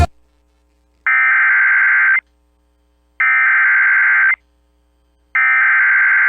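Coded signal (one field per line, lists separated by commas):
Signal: Emergency Alert System (SAME) tones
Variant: header bursts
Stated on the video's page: NOAA Weather Radio alerts for a derecho hitting central Iowa and Des Moines.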